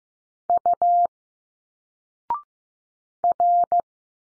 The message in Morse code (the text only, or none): U R